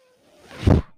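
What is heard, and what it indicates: A single soft air rush builds over about half a second, then peaks in a brief, deep whooshing surge before dropping away. A faint steady hum runs underneath. It is one breath delivered by a man's own mechanical ventilator.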